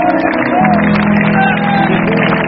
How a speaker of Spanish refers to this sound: Dele aplauso al Señor por ella.